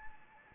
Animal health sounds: mosquito wingbeat signal from an infrared sensor; Anopheles arabiensis

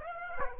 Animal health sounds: mosquito wingbeat signal from an infrared sensor; Aedes aegypti

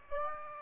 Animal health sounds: mosquito wingbeat signal from an infrared sensor; Aedes aegypti

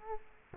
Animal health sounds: mosquito wingbeat signal from an infrared sensor; Culex quinquefasciatus

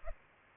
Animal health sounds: mosquito wingbeat signal from an infrared sensor; Culex pipiens

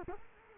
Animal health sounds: mosquito wingbeat signal from an infrared sensor; Culex quinquefasciatus

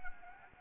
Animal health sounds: mosquito wingbeat signal from an infrared sensor; Anopheles arabiensis

